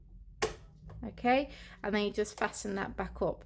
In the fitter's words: So we open up clamp A, and then you'll just pop that in and you should hear it click.